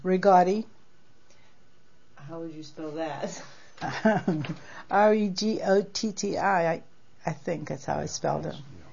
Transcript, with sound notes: Regotti.
How would you spell that? (they laugh)
R-E-G-O-T-T-I. I think is how I spelled it.